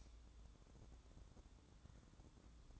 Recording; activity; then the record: daily activity, microphone in the room; light on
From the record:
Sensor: 3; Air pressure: 1007.9 hPa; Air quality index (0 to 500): 87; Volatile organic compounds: 1 ppm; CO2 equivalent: 737 ppm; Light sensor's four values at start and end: 11/26/11/11 and 17/45/18/17